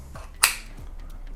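A second interchangeable EU plug head is fitted onto a power charger body by its plastic clip. After faint handling, a single sharp, bright click at 0.4 s shows the plug head seating, and the fit is easy. Only quiet rustling follows.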